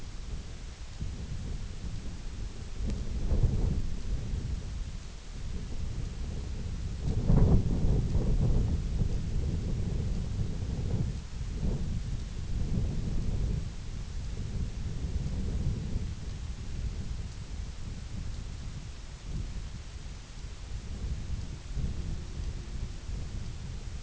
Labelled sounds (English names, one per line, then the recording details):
none
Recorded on Arctic tundra, site IGLO-F, on 20 June 2018
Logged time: 16:00